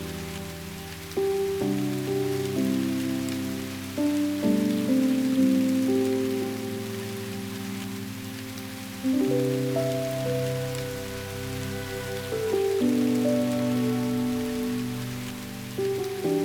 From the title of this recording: Soft Rain in Your Front Yard